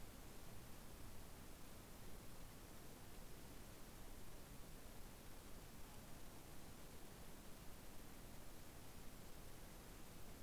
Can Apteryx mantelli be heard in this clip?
no